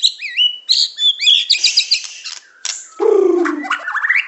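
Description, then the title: Oriental magpie-robin song, a fast varied run of whistled slurs, trills and harsh buzzy notes with a low rasping phrase near the end, rising whistles closing it. "Kicau Kacer"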